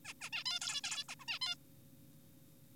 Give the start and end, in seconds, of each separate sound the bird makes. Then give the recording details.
0.05-0.14, 0.21-0.30, 0.33-0.43, 0.46-0.59, 0.61-0.81, 0.84-1.04, 1.09-1.16, 1.20-1.25, 1.28-1.39, 1.42-1.55. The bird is an adult. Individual g4p5U